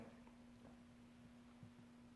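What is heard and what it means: An extractor with its plunger, claw portion facing down, is brought toward its slot in a prefit rifle barrel, with soft handling noises and faint brief taps over a steady low hum. Nothing has seated or clicked yet.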